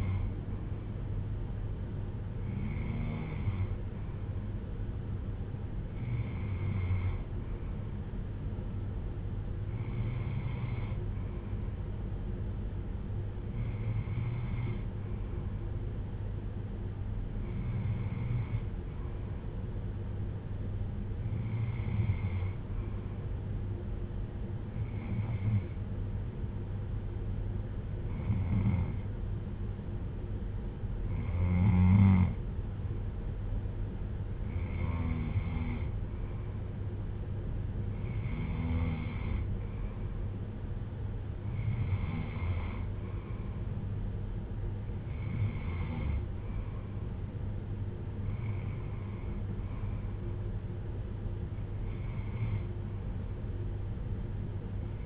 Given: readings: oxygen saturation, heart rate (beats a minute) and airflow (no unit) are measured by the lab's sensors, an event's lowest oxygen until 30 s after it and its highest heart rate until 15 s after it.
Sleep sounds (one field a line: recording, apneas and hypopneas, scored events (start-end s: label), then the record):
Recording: breathing in sleep by a smartphone at the bedside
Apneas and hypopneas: 1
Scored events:
26.00-40.00 s: hypopnea (N2, oxygen 95% highest, then 92% lowest)
From the record:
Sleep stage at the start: N2 (light sleep)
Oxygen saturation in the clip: 92 to 95%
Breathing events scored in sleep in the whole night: 310 in 8.1 hours asleep